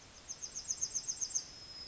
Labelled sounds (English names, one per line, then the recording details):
Yellowhammer song
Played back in forest
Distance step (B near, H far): E
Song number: 017